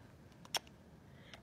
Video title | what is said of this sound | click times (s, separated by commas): Công nghệ chăm sóc da tại nhà mình yêu thích | just kind of wiggle and tug and it snaps right in so you heard that little wiggle and tug snaps | 0.5 s